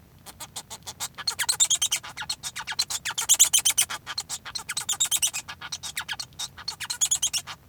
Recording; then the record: song of a male Bengalese finch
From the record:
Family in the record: son of father 1